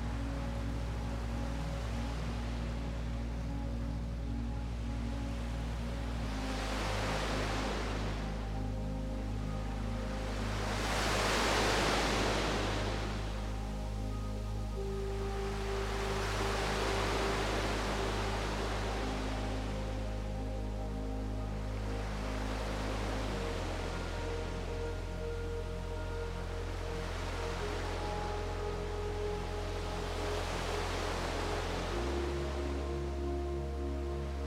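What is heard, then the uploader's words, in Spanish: Ocean waves roll in and wash out in broad, hissing swells about every five to six seconds, blended with soft, calm music. A low sustained drone shifts to new chords near 6, 23 and 32 seconds, with gentle held tones above. MÚSICA Relajante & Sonido de las OLAS. Suave mezcla de melodías calmantes y el sonido natural de las olas del océano.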